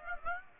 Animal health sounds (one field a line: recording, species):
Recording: mosquito wingbeat signal from an infrared sensor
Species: Aedes aegypti